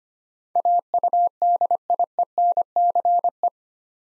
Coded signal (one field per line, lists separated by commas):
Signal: Morse code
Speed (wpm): 25 wpm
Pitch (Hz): 700 Hz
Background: none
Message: AUDIENCE